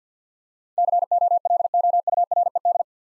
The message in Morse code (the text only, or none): COLOURED